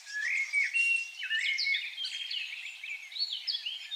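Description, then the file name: Common blackbird song: a short fluted whistled phrase that breaks into thin, high, scratchy twittering lasting several seconds. "Turdus merula"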